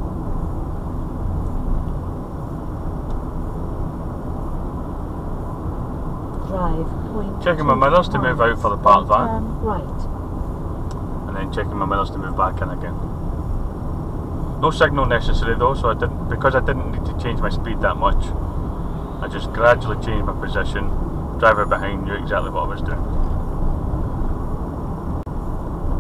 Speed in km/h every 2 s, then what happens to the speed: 34, 34, 35, 35, 35, 35, 35, 34, 35, 35, 35, 35, 35.
0-26 steady at about 35.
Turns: none.